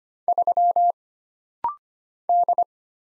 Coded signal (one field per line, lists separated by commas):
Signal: Morse code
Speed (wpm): 25 wpm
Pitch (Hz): 700 Hz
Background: none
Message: 3 D